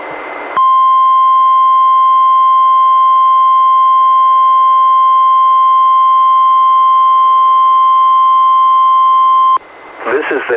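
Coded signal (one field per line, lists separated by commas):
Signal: Emergency Alert System (SAME) tones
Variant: 1050 Hz attention tone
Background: speech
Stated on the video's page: NOAA Weather Radio weekly test issued by NWS and relayed by an Astoria station, received on a Reecom R-1630 weather radio and recorded through a Zoom H1.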